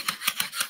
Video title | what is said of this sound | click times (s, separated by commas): Drywall Fundamentals LIVE - Hanging, Mudding & Repair | that clicking is me hitting the screw head | 0.1 s, 0.3 s, 0.4 s, 0.6 s